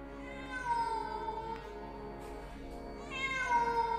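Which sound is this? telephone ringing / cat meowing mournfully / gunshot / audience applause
cat meowing mournfully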